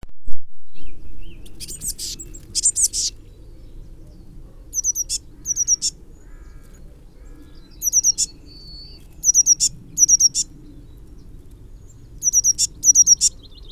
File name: Cyanistes caeruleus